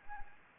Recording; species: mosquito wingbeat signal from an infrared sensor; Anopheles arabiensis